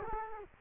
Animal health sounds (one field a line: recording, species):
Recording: mosquito wingbeat signal from an infrared sensor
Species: Culex quinquefasciatus